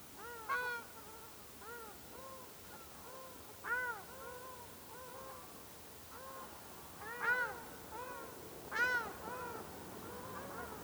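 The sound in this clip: Ruddy shelduck uttering spaced nasal honks, a few louder calls standing out over quieter calls from other birds.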